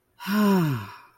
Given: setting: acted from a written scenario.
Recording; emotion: vocal sound without words; contentment